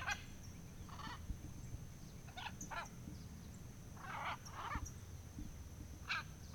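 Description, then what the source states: Macaws giving harsh, raspy squawks in short bursts, several in a row, over a low rumbling background and a constant high whine. Macaws at dawn at a fazenda in Goiás, Brazil.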